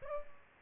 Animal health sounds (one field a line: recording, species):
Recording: mosquito wingbeat signal from an infrared sensor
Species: Culex pipiens